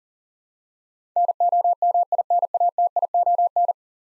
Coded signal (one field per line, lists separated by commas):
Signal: Morse code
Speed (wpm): 40 wpm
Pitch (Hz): 700 Hz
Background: none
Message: NOMINATION